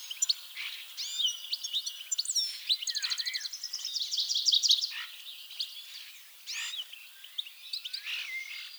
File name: Carduelis carduelis